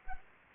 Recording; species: mosquito wingbeat signal from an infrared sensor; Anopheles arabiensis